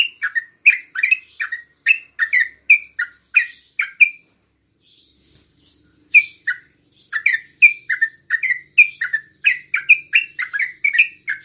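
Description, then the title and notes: Yellow-vented bulbul song: rapid bursts of sharp, bright chirps, with a brief pause near the middle before the chirping resumes. Trucukan song in the tembakan and ropel delivery styles, a masteran used to tutor songbirds. "MASTERAN Trucukan Tembakan Dan Ropel. BURUNG TRUCUKAN"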